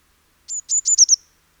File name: Cyanistes caeruleus